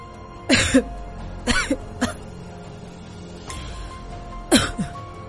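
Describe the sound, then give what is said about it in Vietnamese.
A man coughs harshly several times in short, rough bursts with brief pauses between, the hoarse coughs loud and raspy against a low background hum. “Hướng mắt lên nhìn về ban thờ đặt ảnh ông Tuấn, Cường vừa nói vừa ho khủ khủ.”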